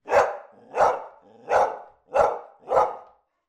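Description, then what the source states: Labrador retriever barking, five barks spaced about every two-thirds of a second, with no other sounds. Labrador barking indoors.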